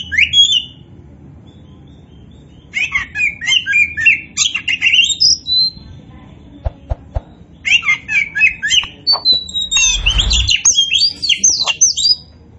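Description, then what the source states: Oriental magpie-robin song: bursts of varied, rapid high whistles and chattering trills, separated by short pauses, with a faint low background hum. Kacer poci type, described as "gacor" (in full vigorous song).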